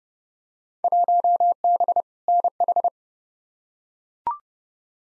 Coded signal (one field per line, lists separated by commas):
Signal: Morse code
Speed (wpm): 29 wpm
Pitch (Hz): 700 Hz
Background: none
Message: 1B NH